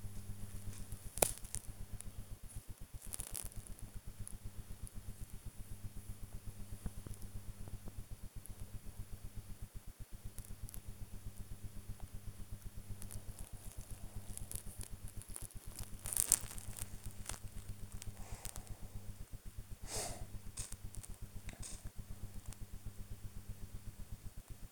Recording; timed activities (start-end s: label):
household activities, microphone on the right wrist
0.00-24.72 s: working on the computer